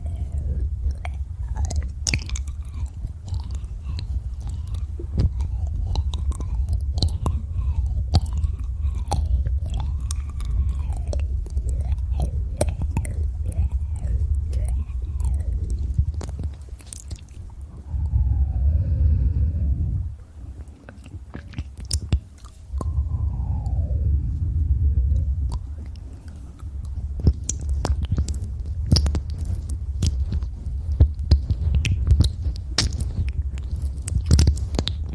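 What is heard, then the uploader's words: Eating and licking sounds fill the recording: a steady stream of quick, crisp chewing clicks and crunches over a constant low rumble. Wet, swooping licks rise and fall in repeated arcs through the first sixteen seconds, then return briefly around 18 and 24 seconds. ASMR Fast Ear Eating & Licking.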